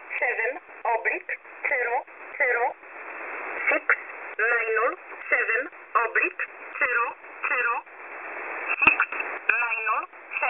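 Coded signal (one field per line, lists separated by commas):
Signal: numbers station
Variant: E11 Oblique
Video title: E11 Oblique 24/04/2024 1045 UTC 12385kHz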